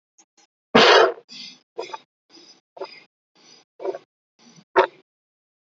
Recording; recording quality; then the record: shallow breathing; poor, much background noise or distortion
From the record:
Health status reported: healthy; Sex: female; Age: 20 years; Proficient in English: yes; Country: India